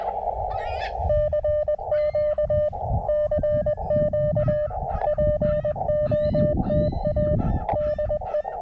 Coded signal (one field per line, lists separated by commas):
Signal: Morse code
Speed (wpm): 20 wpm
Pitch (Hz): 600 Hz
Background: none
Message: CQ CQ POTA DE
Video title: A little unplanned CW POTA at K-2099